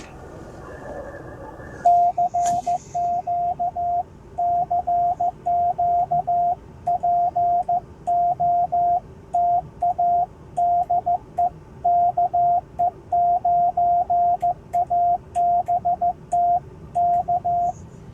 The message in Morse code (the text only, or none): CQ CQ POTA DE KE9ABT K